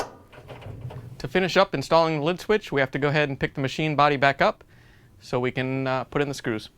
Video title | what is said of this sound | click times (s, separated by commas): How To: Whirlpool/KitchenAid/Maytag Lid Switch Assembly 285671 | back in the frame hole make sure it locks into place | 0.0 s